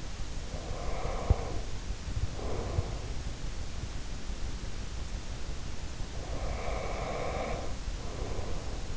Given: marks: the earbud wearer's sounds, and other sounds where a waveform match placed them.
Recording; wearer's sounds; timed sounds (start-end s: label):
sounds in sleep by an in-ear microphone; breath
0.43-3.22 s: breath
5.98-8.97 s: breath